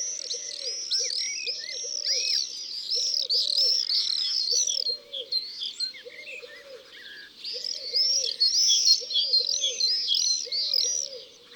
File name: Martinet noir ABC des chants doiseaux